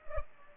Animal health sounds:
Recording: mosquito wingbeat signal from an infrared sensor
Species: Culex pipiens

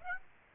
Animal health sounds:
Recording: mosquito wingbeat signal from an infrared sensor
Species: Aedes aegypti

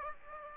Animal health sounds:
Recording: mosquito wingbeat signal from an infrared sensor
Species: Aedes aegypti

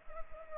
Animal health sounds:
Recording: mosquito wingbeat signal from an infrared sensor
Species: Culex pipiens

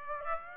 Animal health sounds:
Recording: mosquito wingbeat signal from an infrared sensor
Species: Aedes aegypti

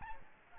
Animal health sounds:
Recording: mosquito wingbeat signal from an infrared sensor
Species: Aedes albopictus

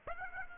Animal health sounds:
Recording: mosquito wingbeat signal from an infrared sensor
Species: Aedes aegypti

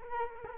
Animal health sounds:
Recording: mosquito wingbeat signal from an infrared sensor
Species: Culex quinquefasciatus

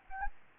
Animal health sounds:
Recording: mosquito wingbeat signal from an infrared sensor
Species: Anopheles gambiae

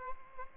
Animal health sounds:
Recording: mosquito wingbeat signal from an infrared sensor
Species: Aedes albopictus

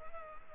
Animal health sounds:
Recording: mosquito wingbeat signal from an infrared sensor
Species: Culex quinquefasciatus

